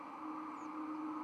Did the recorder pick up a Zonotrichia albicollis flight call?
no